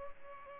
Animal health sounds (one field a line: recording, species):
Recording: mosquito wingbeat signal from an infrared sensor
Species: Culex pipiens